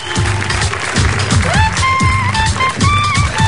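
Galloping horse hooves pound in a steady, rapid rhythm of low thuds, with wavering higher-pitched tones sliding above them throughout.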